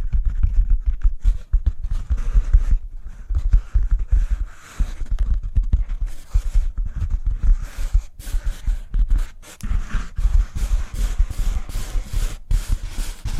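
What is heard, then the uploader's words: Cork triggers: soft, dense rubbing and scratching sounds that continue without a break, mostly low and muffled. Brighter crisp taps and scrapes cut through in bursts, growing more frequent after about six seconds, with brief pauses near five and eight seconds. ASMR Cork Triggers. (No Talking).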